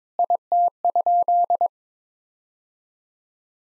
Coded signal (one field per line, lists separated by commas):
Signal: Morse code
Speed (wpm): 22 wpm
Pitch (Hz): 700 Hz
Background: none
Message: IT?